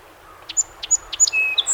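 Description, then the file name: Song sparrow opening notes: three sharp strokes in steady rhythm, leading into rapid high whistled and chipping notes. Recorded 7 June 2018; recording holds 21 songs. "2018-06-07 SOSP 21 Songs"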